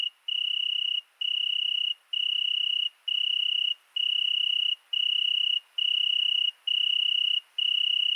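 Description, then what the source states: Italian tree cricket: a musical, continuous-sounding trill broken by brief pauses under a second apart, even and unchanging in tone. Single tree cricket settled for two nights in Virginia creeper under a window, recorded at night 22:30 on 13 August 2020 at Fourcinet ValMaravel with Nagra Seven and MKH40 cardioid microphone.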